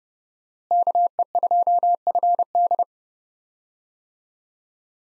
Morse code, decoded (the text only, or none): KE2FD